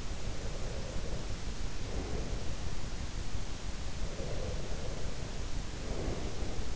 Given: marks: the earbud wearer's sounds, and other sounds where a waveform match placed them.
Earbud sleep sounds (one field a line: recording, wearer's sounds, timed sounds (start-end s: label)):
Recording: sounds in sleep by an in-ear microphone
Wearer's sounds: breath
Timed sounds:
0.11-2.66 s: breath
4.09-6.76 s: breath